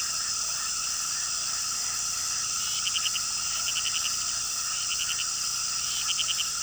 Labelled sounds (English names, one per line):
none